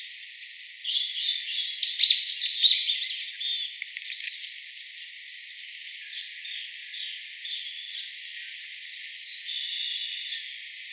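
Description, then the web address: Siberian blue robin song, a busy run of high, rapid chirps and short trilled phrases, loudest in the first five seconds, then softer scattered notes against faint background hiss. Recorded 28 April 2019. "birdenaga koruri 190428"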